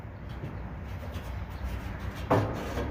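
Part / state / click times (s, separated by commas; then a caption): metal internal panel into pellet grill body slots / not seated / none. While a Pit Boss Austin XL pellet grill is being reassembled, an internal metal panel is handled and fitted into the grill body, where it locks into two slots that click. Low rumbling handling noise runs throughout, with a sharp metallic knock at about 2.3 s. The clip ends before the panel goes home, so nothing has seated or clicked yet.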